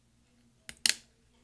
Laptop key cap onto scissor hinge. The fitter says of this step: And then to install that, we're just going to push down until you hear several clicks.